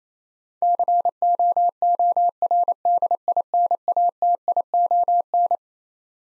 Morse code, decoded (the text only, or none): COORDINATION